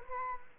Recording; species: mosquito wingbeat signal from an infrared sensor; Culex quinquefasciatus